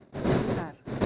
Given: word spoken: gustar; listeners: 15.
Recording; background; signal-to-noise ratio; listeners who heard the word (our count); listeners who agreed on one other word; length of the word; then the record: one Spanish word in noise, from a listening test; noise modulated by one talker; -12.0 dB; 2 of 15; 13 of 15; 0.66 s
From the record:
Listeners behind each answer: 13, 2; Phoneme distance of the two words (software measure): 17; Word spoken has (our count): 2 syllables, 6 phonemes, stress on syllable 2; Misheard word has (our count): 2 syllables, 5 phonemes, stress on syllable 2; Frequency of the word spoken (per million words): 4.20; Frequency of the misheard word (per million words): 303.37